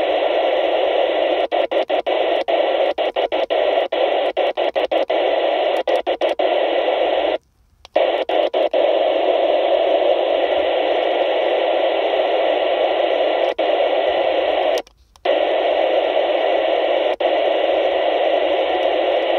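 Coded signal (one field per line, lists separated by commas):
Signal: radiosonde or satellite telemetry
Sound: steady harsh wideband data hiss with two brief gaps and small clicks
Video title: 169.500 MHz IFLOWS VHF Datalink Radio Backbone Data Packet Radio Bursts - VHF Radio Sensor Network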